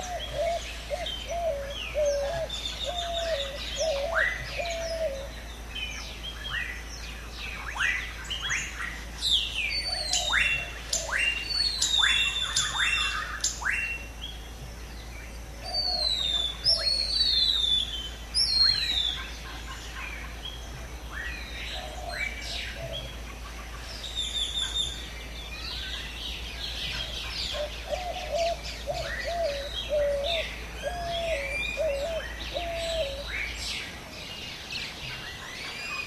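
Tropical jungle birds chirp and sing densely throughout, bright overlapping calls with a repeated lower warbling phrase near the start and again late.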